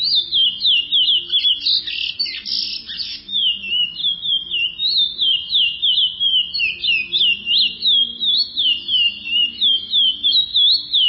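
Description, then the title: Chestnut-bellied seed finch song of rapid high whistles in wavy, rippling phrases, with a brief harsher scratchy burst early on, then a steady melodious flow. "Canto De Curio"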